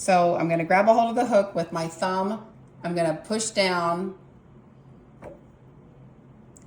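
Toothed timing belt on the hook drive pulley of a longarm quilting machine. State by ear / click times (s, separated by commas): seated / 6.6 s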